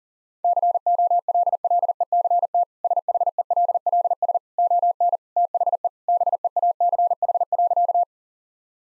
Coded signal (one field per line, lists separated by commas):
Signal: Morse code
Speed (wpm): 40 wpm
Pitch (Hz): 700 Hz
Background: none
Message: COLLECT SHELLS ON THE BEACH.